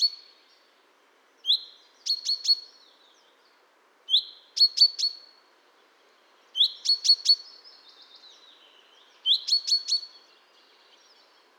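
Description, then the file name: Common chaffinch giving four similar phrases, each a brief high note followed by a quick cluster of sharp ticks, roughly every two and a half seconds. "Fringilla coelebs"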